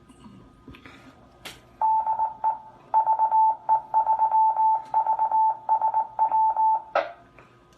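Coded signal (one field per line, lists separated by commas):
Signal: Morse code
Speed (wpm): 18 wpm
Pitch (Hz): 880 Hz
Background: none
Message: DE VE3VSW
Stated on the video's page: Morse heard during a radio net.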